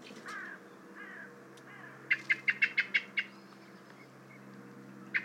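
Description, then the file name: Common blackbird call series: soft slurred notes, then seven hard chink notes in quick succession, ending with a single note after a pause; faint steady hum underneath. "Turdus merula"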